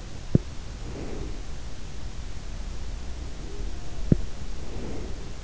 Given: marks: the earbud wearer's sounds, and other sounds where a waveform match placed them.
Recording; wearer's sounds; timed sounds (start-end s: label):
sounds in sleep by an in-ear microphone; breath
0.00-1.83 s: sound from someone else or the room
0.14-1.83 s: breath
3.26-5.43 s: breath
3.71-4.39 s: sound from someone else or the room